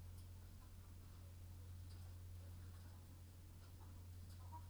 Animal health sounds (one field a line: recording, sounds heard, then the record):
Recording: poultry house recording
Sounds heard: sick chickens (respiratory disease)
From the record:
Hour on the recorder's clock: 21